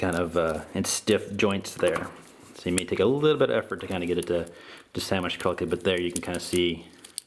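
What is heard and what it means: Someone talks while handling the plastic leg halves of a ToyWorld TW-C01 Bulldozer (Masterpiece Constructicon Bonecrusher) transforming robot toy, pressing them together so the tab between them will lock the waist joint. The joints are very stiff and take effort to sandwich correctly. Only faint handling noises are heard, and the tab has not locked into place yet.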